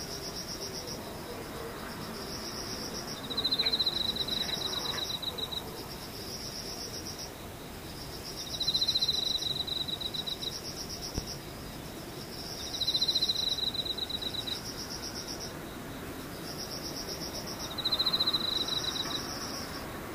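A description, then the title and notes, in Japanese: Insects call against an otherwise quiet backdrop. A high, buzzing trill rises in short phrases of about a second and a half, returning at a steady pace roughly every five seconds, while a soft, continuous insect hiss and faint low rumble fill the gaps. 無音ムシたまにセミ。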